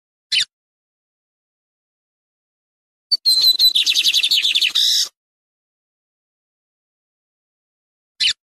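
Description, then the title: Lined seedeater giving a single two-second buzzy, rattling trill phrase, flanked by two lone sharp chirps amid long silences. Tutor song, sung live with a waterfall. "Bigode Gavião Negro Professor De Canto Cantando Ao Vivo Com Cascata"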